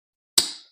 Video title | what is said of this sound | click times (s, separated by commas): Working On The Arrma Big Rock 3s | you just push her in until it snaps and that's | 0.4 s